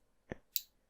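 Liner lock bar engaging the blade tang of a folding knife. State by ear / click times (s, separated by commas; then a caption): seated / 0.6 s. A Kadima V3 folding knife is opened again, with a low, dull knock at 0.3 s followed by a crisp, bright metallic click at 0.6 s. The click is the liner lock bar engaging the blade tang, and the blade is locked open.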